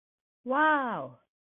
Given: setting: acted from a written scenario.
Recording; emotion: vocal sound without words; awe